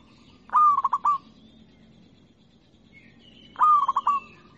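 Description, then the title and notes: Zebra dove song: two stuttering phrases of a rolled opening coo and three rapid short notes. A faint thin whistle sounds between them. Local-type zebra dove. "Kicau Perkutut Lokal. Kicau Burung Perkutut"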